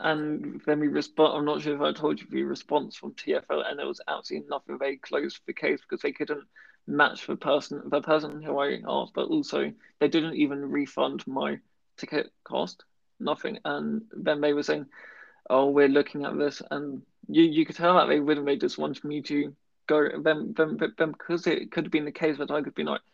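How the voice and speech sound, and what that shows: An adult man speaking conversationally with a stammer, with repeated sounds and words such as "you, you" and "then, then" and brief hesitations breaking up otherwise fluent speech. His stammer has changed over two years as his confidence grew.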